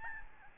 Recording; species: mosquito wingbeat signal from an infrared sensor; Aedes albopictus